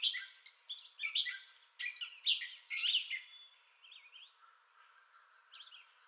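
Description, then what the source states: Gray catbird song of scratchy squeaks and chatters for about three seconds, then fading into a few soft, wavering warbled notes with quiet gaps. Entire song bout recorded 2021-05-30.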